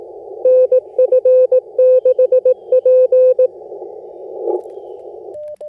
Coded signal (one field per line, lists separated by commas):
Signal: Morse code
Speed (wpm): 20 wpm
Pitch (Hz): 510 Hz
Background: none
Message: NF6P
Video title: FT8 POTA Field Setup with some slow CW IC-705 Digital Mode Activation Ham Radio Vertical Antenna